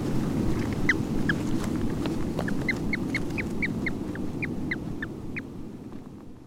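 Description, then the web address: Monteiro's storm petrel chick calls: quick short high peeps, starting sparse then running steadily before stopping, above a constant low roar. "aves-marinhas painho-monteiro Cantos-Crias"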